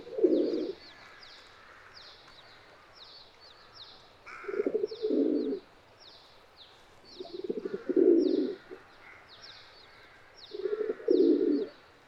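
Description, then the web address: Domestic pigeon (Ra'bi breed): domestic pigeon producing four low, gurgling coo bouts, some doubled, a few seconds apart, while small birds chirp continuously at high pitch. "صدای-کبوتر-راعبی"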